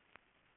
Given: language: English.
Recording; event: throat vibration sensor signal played as sound; swallow